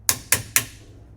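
A torque-limiting tool, a post fitted into a cargo roof box mounting foot, is turned to tighten the foot's clamp onto a roof bar. Three sharp, bright clicks ring out at about 0.1, 0.3 and 0.6 seconds, each fading quickly over a quiet background. The tool clicks at its setting, showing the clamp is tight enough.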